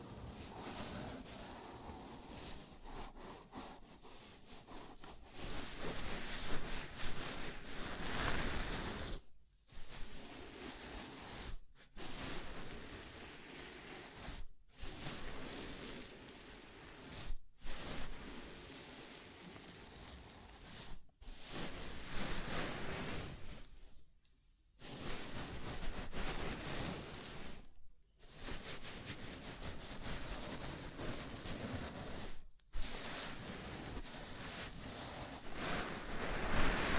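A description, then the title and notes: A scalp massage: fingers rub and scratch through hair in a dense, hissing rustle that swells and eases in strokes. Brief dead-silent breaks cut in roughly every three to four seconds, one longer pause near the middle, before the rubbing resumes. ASMR Sleepy Scalp Massage (No Talking).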